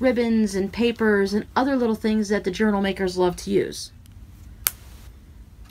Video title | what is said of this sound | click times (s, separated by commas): Sew a Snap Coin pouch, Card pouches, or Gift card holder - Sew With Me | I love that satisfying snapping sound. | 4.7 s